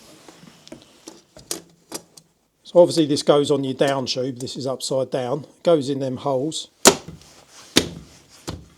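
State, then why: Seated. An e-bike battery mount, fitted to the down tube through the frame holes, is pushed onto its bracket while someone talks, with scattered small clicks and taps before the speech. After the talking, a loud sharp hit at 6.9 s is followed by the locking click at 7.8 s as the mount seats into place, then a quieter tap.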